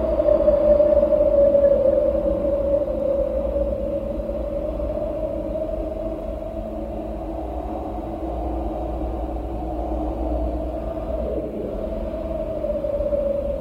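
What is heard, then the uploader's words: Wind moans in a steady, hollow tone that slowly wavers in pitch, over a dense low rumble. The sound stays even and continuous for the whole stretch, with a slight rise in the last few seconds and no distinct events. Sound of wind.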